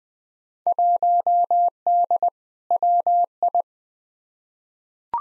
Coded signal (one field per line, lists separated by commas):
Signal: Morse code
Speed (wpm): 20 wpm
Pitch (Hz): 700 Hz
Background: none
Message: 1D WI